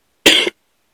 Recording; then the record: coughing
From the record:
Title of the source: 55 gaggy wet cough